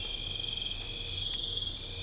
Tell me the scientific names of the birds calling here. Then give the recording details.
none. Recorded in pastures near Puerto Asís, Putumayo, Colombia, on 21 December 2024 at 23:30. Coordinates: 0.496, -76.326. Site G004